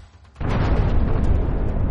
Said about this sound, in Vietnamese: Một tiếng nổ bùng dậy, chỉ thấy bầy ông bị thổi bay đi hết.